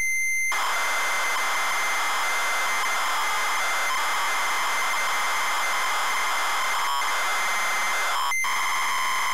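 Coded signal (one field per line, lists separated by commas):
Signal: ZX Spectrum tape loading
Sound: harsh, buzzy screeching data noise with a brief higher tone and a short dropout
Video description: ZX Spectrum load up and quick game play of Terra Cresta loaded up using a zx spectrum +3 with a wh smith cpd8300 cassette player.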